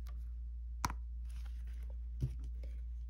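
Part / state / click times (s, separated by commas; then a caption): plastic safety eye backing washer onto eye post in a crochet toy / seated / 0.9 s. A plastic washer back is pressed onto the shank of a plastic safety eye through a crocheted amigurumi pig piece turned inside out. A sharp little snap comes at 0.9 s, with soft handling rustles and a fainter tap around 2.2 s. The safety eye is locked in and seated.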